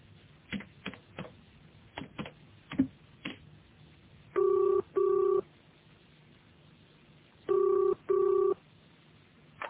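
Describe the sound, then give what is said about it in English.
A quick run of irregular clicks as a phone number is dialed, followed by two loud double rings of a telephone, each pair separated by a short pause. “Could I use your phone? Yes, of course.”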